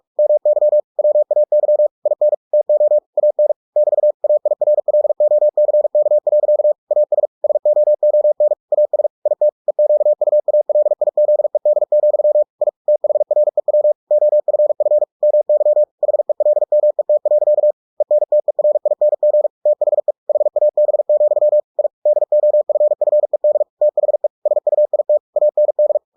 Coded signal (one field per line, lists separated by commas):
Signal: Morse code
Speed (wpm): 46 wpm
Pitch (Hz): 600 Hz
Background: none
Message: MY WAY IN TO AN <BT> AIRLOCK. AS SOON AS IT EQUALIZED, I THREW OFF MY HELMET. ENTERING THE HAB, I DOFFED THE SUIT AND